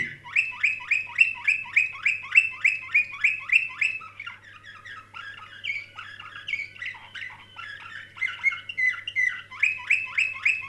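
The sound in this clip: Canary song: quick regular chirp series, a stretch of varied warbling and trilled phrases, then another fast run of repeated chirps.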